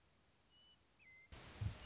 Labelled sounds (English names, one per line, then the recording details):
Western Meadowlark
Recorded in Sonoma County, California